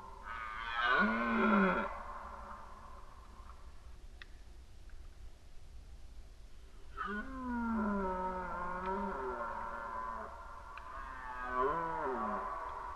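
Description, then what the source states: Red deer roars: three deep, harmonic bellows spaced several seconds apart, the middle one longest, with near silence between them. Recorded during the rut in 2011.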